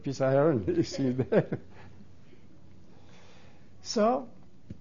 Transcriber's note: he laughs